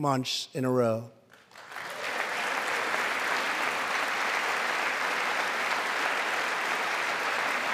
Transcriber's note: applause